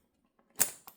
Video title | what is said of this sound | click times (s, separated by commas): నా travel Bag, its not just a backpack, its a Tank 😎 - most rugged backpack | lock అయిపోయింది. | 0.6 s